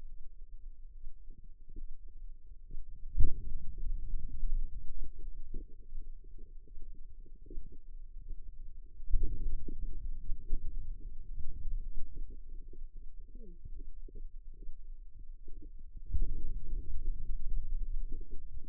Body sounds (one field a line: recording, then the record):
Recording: forearm muscle sounds (acoustic myography)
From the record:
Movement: finger pinch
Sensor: system 2, bracelet of six BSWA MPA416 microphones around the upper forearm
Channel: 6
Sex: female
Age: 25 years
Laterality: right